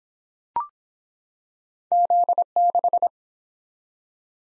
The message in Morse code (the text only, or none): Z6